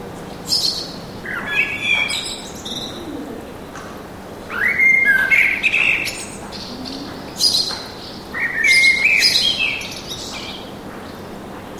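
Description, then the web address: Birds chirping in short bursts of sliding, twittering notes every few seconds, with a low steady background hum between them. Birds singing in a park with an urban atmosphere. "sonido de la atmosfera urbana con pajaros cantando en el parque"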